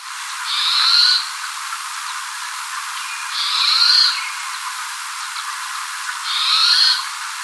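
Bird calls, three hissing, buzzy bursts repeated about every three seconds over steady high hiss.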